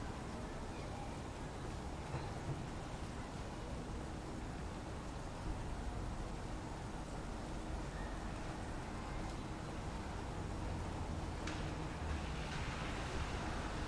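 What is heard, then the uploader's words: Rainy city noise holds as a steady, dense hiss and low rumble, like passing traffic, with a few faint brief sounds rising near twelve seconds. Rainy city white noise, urban white noise, city rainfall, ambient city sounds, rain noise.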